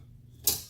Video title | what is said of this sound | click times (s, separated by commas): How to replace windshield wiper on F150 | click with this part of the hook so | 0.5 s